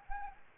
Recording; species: mosquito wingbeat signal from an infrared sensor; Anopheles arabiensis